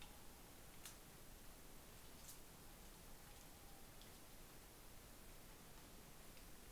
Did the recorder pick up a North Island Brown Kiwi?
no